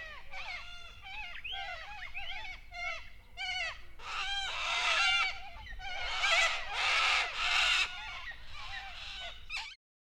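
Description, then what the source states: Cockatoos screeching, harsh raucous squawks overlapping in a busy chorus, bursts swelling louder midway before ending abruptly. Several cockatoos, described as raucous.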